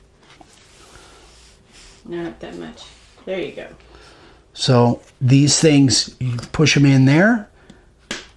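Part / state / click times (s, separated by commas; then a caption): plastic wire clip onto trim router housing / seated / 8.1 s. Someone talks while a plastic wire clip is pushed in and snapped down onto a trim router's housing to hold the fairy light wire in place. A sharp snap is heard at 8.1 s as the clip seats.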